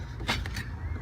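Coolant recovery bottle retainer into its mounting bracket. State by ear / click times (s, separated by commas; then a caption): seated / 0.5 s, 0.6 s. On a 2008 Honda Civic, the plastic coolant recovery bottle's retainer is pressed down into its mounting bracket, with pressure applied at the bottom toward the battery. Two sharp clicks at 0.5 s and 0.6 s stand out over a steady low rumble. The retainer locks into place in the bracket.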